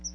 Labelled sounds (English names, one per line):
Chestnut-sided Warbler flight call